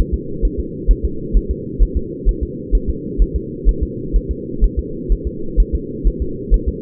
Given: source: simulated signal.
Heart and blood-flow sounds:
fetal heart sounds
0.14 s: S2
0.45 s: S1
0.60 s: S2
0.91 s: S1
1.05 s: S2
1.37 s: S1
1.51 s: S2
1.83 s: S1
1.97 s: S2
2.29 s: S1
2.43 s: S2
2.75 s: S1
2.90 s: S2
3.22 s: S1
3.36 s: S2
3.69 s: S1
3.83 s: S2
4.16 s: S1
4.31 s: S2
4.64 s: S1
4.79 s: S2
5.12 s: S1
5.27 s: S2
5.60 s: S1
5.75 s: S2
6.08 s: S1
6.22 s: S2
6.54 s: S1
6.69 s: S2
From the record:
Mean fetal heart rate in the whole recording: 130 bpm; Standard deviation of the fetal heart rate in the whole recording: 2 bpm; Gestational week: 36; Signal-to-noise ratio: -4.3 dB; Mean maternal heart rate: 72 bpm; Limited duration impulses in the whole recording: absent

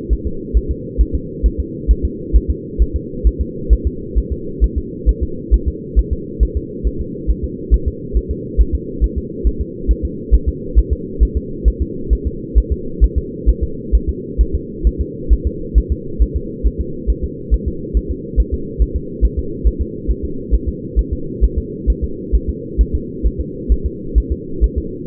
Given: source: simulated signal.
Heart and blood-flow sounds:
fetal heart sounds
0.13 s: S1
0.27 s: S2
0.57 s: S1
0.71 s: S2
1.01 s: S1
1.15 s: S2
1.46 s: S1
1.60 s: S2
1.91 s: S1
2.05 s: S2
2.36 s: S1
2.50 s: S2
2.82 s: S1
2.96 s: S2
3.27 s: S1
3.41 s: S2
3.73 s: S1
3.87 s: S2
4.18 s: S1
4.33 s: S2
4.64 s: S1
4.78 s: S2
5.09 s: S1
5.23 s: S2
5.54 s: S1
5.68 s: S2
5.99 s: S1
6.13 s: S2
6.43 s: S1
6.57 s: S2
6.87 s: S1
7.01 s: S2
7.30 s: S1
7.44 s: S2
7.74 s: S1
7.88 s: S2
8.17 s: S1
8.31 s: S2
8.61 s: S1
8.75 s: S2
9.04 s: S1
9.18 s: S2
9.47 s: S1
9.61 s: S2
9.91 s: S1
10.05 s: S2
10.34 s: S1
10.48 s: S2
10.78 s: S1
10.93 s: S2
11.23 s: S1
11.37 s: S2
11.68 s: S1
11.82 s: S2
12.13 s: S1
12.27 s: S2
12.58 s: S1
12.72 s: S2
13.04 s: S1
13.18 s: S2
13.49 s: S1
13.63 s: S2
13.95 s: S1
14.09 s: S2
14.41 s: S1
14.55 s: S2
14.87 s: S1
15.01 s: S2
15.33 s: S1
15.47 s: S2
15.78 s: S1
15.92 s: S2
16.22 s: S1
16.36 s: S2
16.66 s: S1
16.81 s: S2
17.10 s: S1
17.24 s: S2
17.54 s: S1
17.68 s: S2
17.97 s: S1
18.11 s: S2
18.40 s: S1
18.54 s: S2
18.82 s: S1
18.96 s: S2
19.25 s: S1
19.39 s: S2
19.67 s: S1
19.81 s: S2
20.11 s: S1
20.25 s: S2
20.54 s: S1
20.69 s: S2
20.99 s: S1
21.13 s: S2
21.44 s: S1
21.58 s: S2
21.90 s: S1
22.04 s: S2
22.35 s: S1
22.50 s: S2
22.81 s: S1
22.95 s: S2
23.27 s: S1
23.41 s: S2
23.72 s: S1
23.86 s: S2
24.18 s: S1
24.32 s: S2
24.64 s: S1
24.78 s: S2
From the record:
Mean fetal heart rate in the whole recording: 135 bpm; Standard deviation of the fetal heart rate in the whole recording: 3 bpm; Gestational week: 34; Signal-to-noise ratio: -4.3 dB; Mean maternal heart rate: 72 bpm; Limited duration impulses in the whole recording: absent

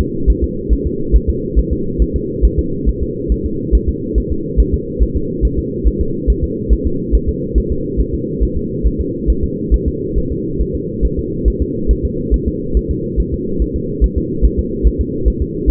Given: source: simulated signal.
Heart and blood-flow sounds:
fetal heart sounds
0.01 s: S2
0.30 s: S1
0.44 s: S2
0.73 s: S1
0.87 s: S2
1.16 s: S1
1.30 s: S2
1.59 s: S1
1.73 s: S2
2.02 s: S1
2.16 s: S2
2.45 s: S1
2.59 s: S2
2.89 s: S1
3.03 s: S2
3.32 s: S1
3.46 s: S2
3.75 s: S1
3.89 s: S2
4.18 s: S1
4.32 s: S2
4.60 s: S1
4.74 s: S2
5.03 s: S1
5.17 s: S2
5.45 s: S1
5.59 s: S2
5.87 s: S1
6.01 s: S2
6.30 s: S1
6.44 s: S2
6.73 s: S1
6.87 s: S2
7.15 s: S1
7.29 s: S2
7.58 s: S1
7.72 s: S2
8.00 s: S1
8.14 s: S2
8.43 s: S1
8.57 s: S2
8.86 s: S1
9.00 s: S2
9.30 s: S1
9.44 s: S2
9.74 s: S1
9.88 s: S2
10.18 s: S1
10.32 s: S2
10.61 s: S1
10.75 s: S2
11.05 s: S1
11.19 s: S2
11.48 s: S1
11.62 s: S2
11.91 s: S1
12.05 s: S2
12.34 s: S1
12.48 s: S2
12.77 s: S1
12.91 s: S2
13.20 s: S1
13.34 s: S2
13.62 s: S1
13.76 s: S2
14.04 s: S1
14.18 s: S2
14.45 s: S1
14.59 s: S2
14.87 s: S1
15.01 s: S2
15.28 s: S1
15.42 s: S2
15.70 s: S1
From the record:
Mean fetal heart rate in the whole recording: 140 bpm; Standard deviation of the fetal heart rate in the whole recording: 2 bpm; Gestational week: 34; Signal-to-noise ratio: -6.6 dB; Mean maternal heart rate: 72 bpm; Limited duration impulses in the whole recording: present

